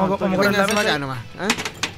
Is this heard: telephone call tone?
no